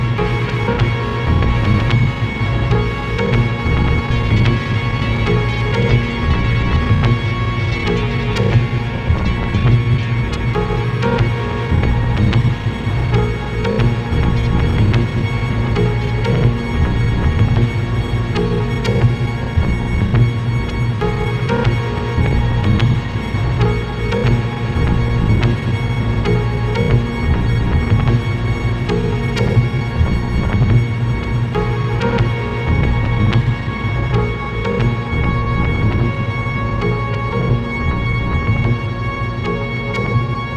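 A synthesised soundscape of layered steady tones, with a strong low hum and stacked pitched lines higher up that hold almost unchanged throughout. Faint flickering textures ripple over the top, and the loudness stays even from start to finish.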